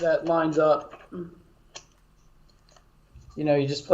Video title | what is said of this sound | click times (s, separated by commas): Wi-Fi Podcast Tesla Supercharger Adapter, Wi-Fi 7 for Everyone ECW526 Speed Test and Mounting | okay um but yeah this this actually locks in the play place see if I can | 1.8 s